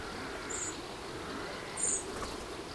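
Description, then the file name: Eurasian blackbird giving two thin, very high, brief hissing notes about a second apart, over steady low background noise. "Turdus merula"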